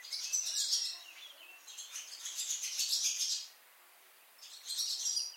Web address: chant xeno-canto hirondelle rustique